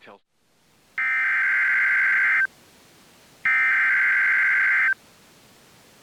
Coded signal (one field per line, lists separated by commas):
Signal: Emergency Alert System (SAME) tones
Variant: header bursts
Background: speech